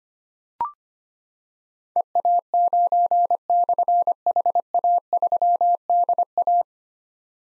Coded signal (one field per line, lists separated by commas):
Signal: Morse code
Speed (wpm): 25 wpm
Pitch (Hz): 700 Hz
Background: none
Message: EA9/HA3DA